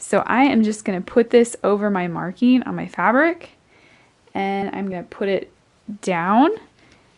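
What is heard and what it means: A pearl snap cap is placed over a marking on fabric and pressed down into a snap setting tool while someone talks throughout. Only faint handling sounds are heard between the speech. Nothing has snapped or seated yet by the end of the clip.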